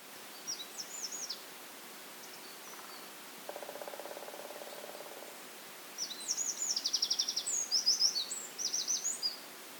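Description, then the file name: Eurasian wren: quick series of high, sharp ticking and trilling notes in short bursts, with a low buzzy hum in the middle. "Troglodytes troglodytes"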